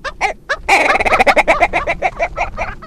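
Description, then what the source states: Willow Ptarmigan giving a rattling series of harsh, stacked croaking notes, a few spaced notes at first, then a fast run of notes. Captured by an unattended soundscape recording station in Denali National Park, Alaska.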